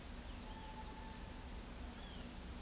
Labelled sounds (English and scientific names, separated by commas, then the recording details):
none
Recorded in pastures near Pivijay, Magdalena, Colombia, on 4 June 2023 at 15:00
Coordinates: 10.456, -74.369
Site P6-G026